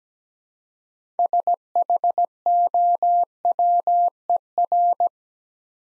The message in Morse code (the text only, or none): SHOWER